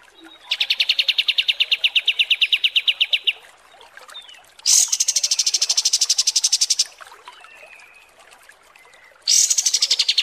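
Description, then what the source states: Kapas tembak song: three rapid trills of high notes, the first the longest, with quiet gaps between. Masteran (song-training) recording of kapas tembak song, described as mewah.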